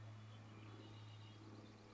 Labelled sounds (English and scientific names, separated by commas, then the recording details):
Red-winged Blackbird (Agelaius phoeniceus)
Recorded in Sonoma County, California